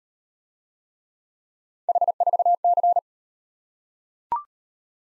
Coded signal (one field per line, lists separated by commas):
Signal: Morse code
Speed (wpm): 38 wpm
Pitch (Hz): 700 Hz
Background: none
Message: H4C